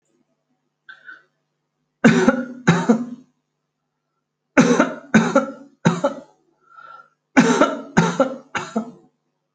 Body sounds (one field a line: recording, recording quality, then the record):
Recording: heavy voluntary cough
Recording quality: excellent, no background noise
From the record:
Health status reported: healthy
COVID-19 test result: negative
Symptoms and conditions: none ticked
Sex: male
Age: 31 years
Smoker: not ticked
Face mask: not worn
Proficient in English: yes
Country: India